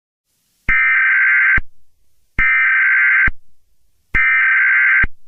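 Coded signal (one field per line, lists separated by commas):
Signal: Emergency Alert System (SAME) tones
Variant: header bursts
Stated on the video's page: Simulated EAS scenario about a Chinese-American war, a reupload.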